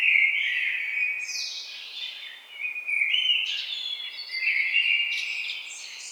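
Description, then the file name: Common blackbird singing mellow fluted warbles that break into high, scratchy twittered endings, several phrases run together with little pause. "Turdus merula"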